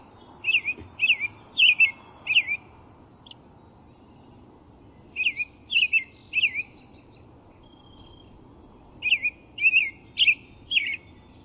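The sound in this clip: American robin song: three bursts of a few clear, whistled phrases, separated by pauses of a few seconds.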